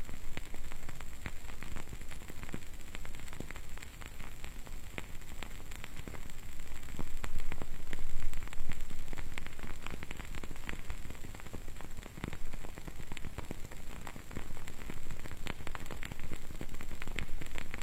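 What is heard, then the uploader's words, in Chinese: A candle burning, heard as a dense, steady patter of tiny crackles and ticks that sounds almost like light rain. The sputtering swells slightly around the middle, and a faint thin whine and low hum sit underneath throughout. 蜡烛燃烧。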